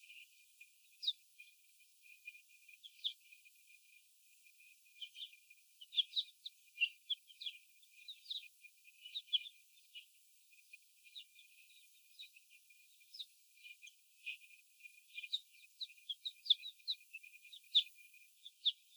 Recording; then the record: young laying hens in a cage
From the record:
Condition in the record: before the stressor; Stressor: sudden umbrella opening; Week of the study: 2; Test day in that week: 1